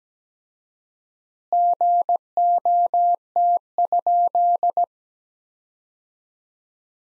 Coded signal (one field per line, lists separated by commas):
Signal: Morse code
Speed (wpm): 17 wpm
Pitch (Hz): 700 Hz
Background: none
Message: GOT?